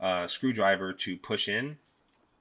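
Someone talks while handling a white plastic retaining piece, its long end going down over the clip, pushed in earlier with a Phillips screwdriver, behind the center screen mount of a Tesla Model 3 or Model Y rotating screen mount. The talk stops at about 1.8 s and only faint low noise follows. Nothing has seated or clicked yet.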